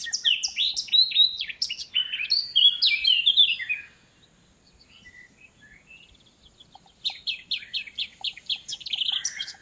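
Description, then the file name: Eurasian blackcap song: rich, fast warbling of varied chirps and slurred notes, a quiet pause of a few seconds, then another lively warbled phrase. "Sylvia atricapilla"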